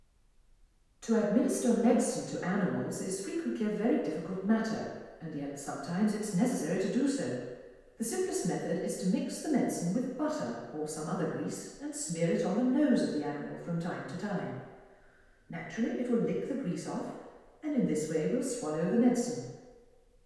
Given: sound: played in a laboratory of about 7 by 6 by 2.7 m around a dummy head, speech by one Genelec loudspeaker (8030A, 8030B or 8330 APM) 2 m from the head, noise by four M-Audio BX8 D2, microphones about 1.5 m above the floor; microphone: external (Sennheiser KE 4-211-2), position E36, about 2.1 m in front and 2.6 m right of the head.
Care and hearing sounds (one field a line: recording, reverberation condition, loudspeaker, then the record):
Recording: female speech in English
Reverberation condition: high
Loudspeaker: 150 degrees to the left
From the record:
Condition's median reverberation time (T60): about 1300 ms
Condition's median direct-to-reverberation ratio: about -4.0 dB